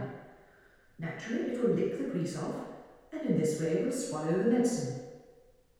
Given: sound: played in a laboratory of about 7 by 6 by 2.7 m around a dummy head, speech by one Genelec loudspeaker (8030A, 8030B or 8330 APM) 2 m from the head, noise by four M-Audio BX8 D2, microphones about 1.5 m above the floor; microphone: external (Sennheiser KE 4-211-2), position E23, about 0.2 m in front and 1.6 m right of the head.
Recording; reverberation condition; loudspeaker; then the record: female speech in English; high; 120 degrees to the left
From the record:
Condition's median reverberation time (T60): about 1300 ms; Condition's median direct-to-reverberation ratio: about -4.0 dB